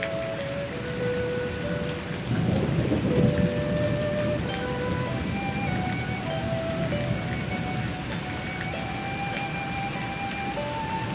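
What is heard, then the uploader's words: A summer rainstorm hisses steadily, with a low rumble swelling between about two and four seconds. Over it, soft sustained flute notes drift in a slow melody, holding long tones that step gently higher toward the end. Blissful summer rainstorm sounds and nordic flute melodies.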